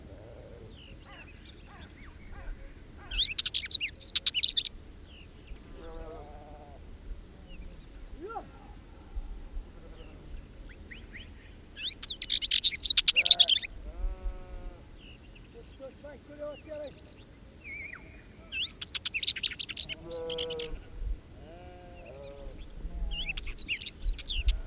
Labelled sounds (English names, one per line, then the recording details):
Northern Wheatear song
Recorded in the wild
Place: Babadag, Dobrogea, RO
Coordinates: 44.891, 28.717
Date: 1976-05-30
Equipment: Nagra III BH, Sennheiser MD 21, parabola
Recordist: Schubert, Michael